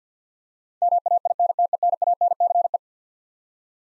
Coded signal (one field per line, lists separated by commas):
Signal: Morse code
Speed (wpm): 50 wpm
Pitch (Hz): 700 Hz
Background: none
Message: MAINTENANCE